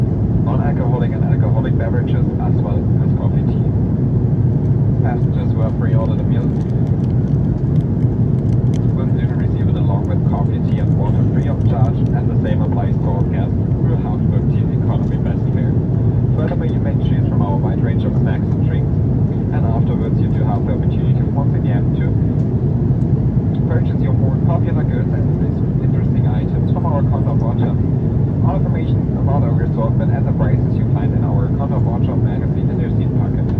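Airbus A330 cabin sound in flight: a steady, dense low engine roar fills all 34 seconds without a break. Passenger chatter and scattered voices run on top throughout, with small clinks and rustles poking through now and then.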